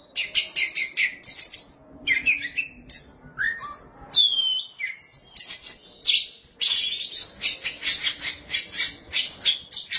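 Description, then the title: Oriental magpie-robin song: a continuous varied stream of rapid chirps, clear slurred whistles and scratchy notes, often fast and repeated. Song of the kacer. "Suara Kicauan Burung Kacer"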